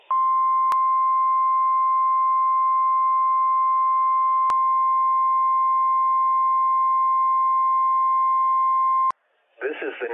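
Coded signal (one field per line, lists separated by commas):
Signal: Emergency Alert System (SAME) tones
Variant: 1050 Hz attention tone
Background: speech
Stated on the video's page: Required Weekly Test issued by the NWS office in Pendleton, Oregon, for Washington counties.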